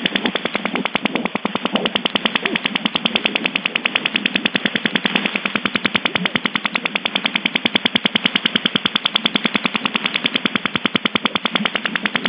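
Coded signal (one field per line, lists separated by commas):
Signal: radar signal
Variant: OTH radar, 10 sweeps/s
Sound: steady rapid buzzy ticking, about ten clicks per second, over hiss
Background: radio static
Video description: OTH Radar en la banda de #radioaficionados de 20 metros. QRG; 14120 kHz. Ancho de banda = 40 kHz. 10 barridos por segundo (10 sps).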